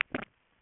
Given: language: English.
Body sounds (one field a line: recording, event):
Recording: throat vibration sensor signal played as sound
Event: swallow